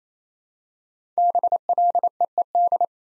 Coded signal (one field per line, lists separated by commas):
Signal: Morse code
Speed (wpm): 27 wpm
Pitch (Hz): 700 Hz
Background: none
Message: BLEED